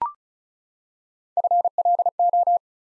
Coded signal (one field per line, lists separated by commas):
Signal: Morse code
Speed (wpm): 36 wpm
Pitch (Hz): 700 Hz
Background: none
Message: FLO